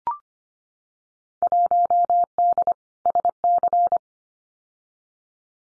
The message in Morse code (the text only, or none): 1D SC